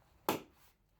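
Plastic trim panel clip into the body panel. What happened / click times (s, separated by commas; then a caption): A plastic trim clip snapped into place / 0.3 s. A plastic trim panel on a 2016 Chevrolet Suburban is refitted and moved around to engage its three clips during a reverse light replacement. A single sharp snap is heard at 0.3 s as the first trim clip seats into the body panel, then it fades to quiet.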